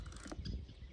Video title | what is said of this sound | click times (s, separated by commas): Intex Pool Water Fountain Muti-Color LED | and it clicks right in | 0.3 s